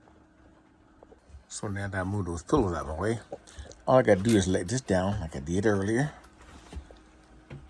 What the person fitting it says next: everything locks into place